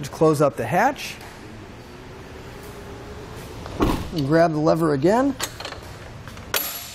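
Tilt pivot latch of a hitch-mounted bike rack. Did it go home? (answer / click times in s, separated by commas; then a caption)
yes / 6.6 s. Someone talks as the hatch of a 2017 GMC Terrain is closed, the tilt lever of a Thule hitch-mounted bike rack is pulled, and the rack is swung back upright. The metal tilt pivot latch locks into place with a sharp click at 6.6 s, and the rack is seated upright.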